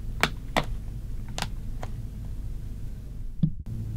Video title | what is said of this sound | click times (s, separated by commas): Pro-Tactical Electronic Ear Muffs Battery Installation & Operation | the cushion is in place on the earpiece you should feel it click into place simply | 0.2 s